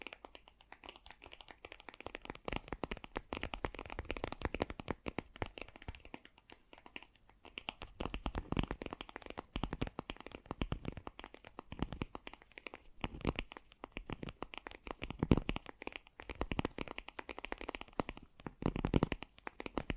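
Fast, gentle tapping in dense, uneven bursts of light clicks, swelling and easing in irregular waves across the whole stretch without pause.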